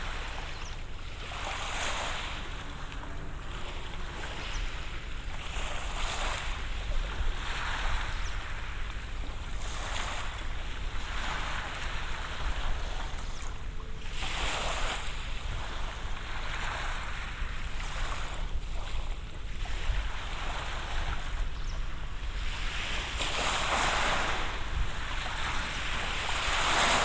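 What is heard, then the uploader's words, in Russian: Surf breaks on the seashore in a steady roar, with waves swelling and washing in about every two to four seconds. Wind rumbles low underneath throughout, and a louder, hissing wash of water arrives near the end. На берегу моря: шум прибоя и тёплый ветер.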